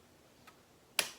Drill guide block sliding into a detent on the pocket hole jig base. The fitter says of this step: it tight and listen for two clicks one